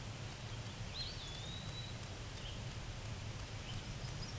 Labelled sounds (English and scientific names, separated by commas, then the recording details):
Eastern Wood-Pewee (Contopus virens) song
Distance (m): 40 m
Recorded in a Pennsylvania forest on 18 May 2023 at 14:11
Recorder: AudioMoth, point grid1_23_low
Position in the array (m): 207 m, 191 m